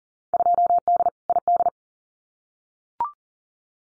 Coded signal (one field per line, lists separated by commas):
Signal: Morse code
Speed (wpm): 41 wpm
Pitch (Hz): 700 Hz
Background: none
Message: 2D ID